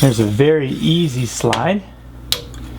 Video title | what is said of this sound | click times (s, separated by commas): Manfrotto 055 Tripod with XPro Ball Head | and once it's locked into place it's not going anywhere | 2.3 s